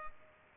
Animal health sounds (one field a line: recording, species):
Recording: mosquito wingbeat signal from an infrared sensor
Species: Culex pipiens